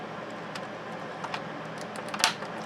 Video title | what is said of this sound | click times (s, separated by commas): Revell peterbuilt 359 part 2 the finsh | snap there we go | 2.2 s